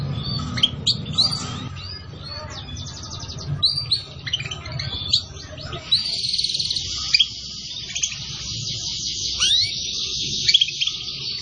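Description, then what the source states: Canary song of varied chips and trills building into a long, buzzy rolling phrase with occasional upslurred whistles. Recording used as a bird lure.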